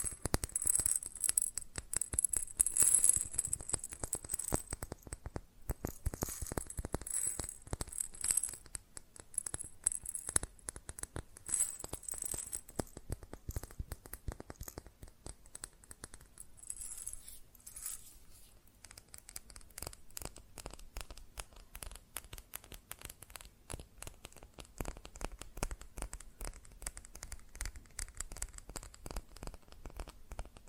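Fast tapping on glass and ceramic objects, a dense stream of small, bright clicks with no pauses. The taps are louder and sharper through the first ten seconds, with a high ringing edge, then grow softer and thinner after about eighteen seconds.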